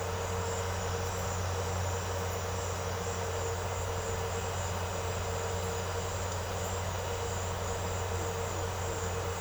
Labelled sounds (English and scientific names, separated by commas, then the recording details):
none
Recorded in secondary vegetation near Puerto Asís, Putumayo, Colombia, on 4 March 2025 at 17:00
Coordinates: 0.468, -76.324
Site G059